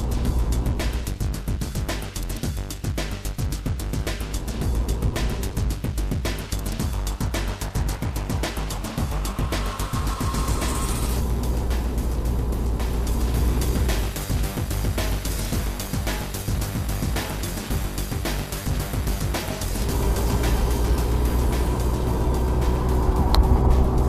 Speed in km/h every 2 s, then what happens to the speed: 47, 41, 41, 40, 44, 42, 43, 47, 53, 55, 62, 65.
0-13 steady at about 42. 13-24 speeds up to 65.